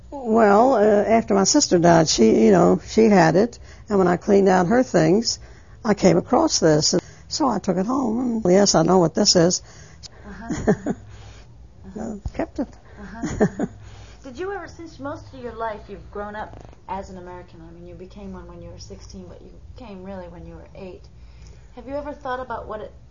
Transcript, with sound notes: Well, after my sister died she, you know, she had it, and when I cleaned out her things I came across this and I said, "Oh, well, yes, I know what this is." So I took it home and kept it. ( she laughs )
Uh-huh. Uh-huh. Did you ever, since most of your life you've grown up as an American, I mean, you became one when you were sixteen, but you came really when you were eight, have you ever thought about what it